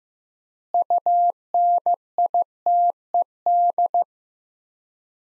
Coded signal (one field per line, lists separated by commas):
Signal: Morse code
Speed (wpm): 15 wpm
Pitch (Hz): 700 Hz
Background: none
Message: UNITED